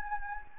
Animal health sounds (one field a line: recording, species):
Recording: mosquito wingbeat signal from an infrared sensor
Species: Anopheles gambiae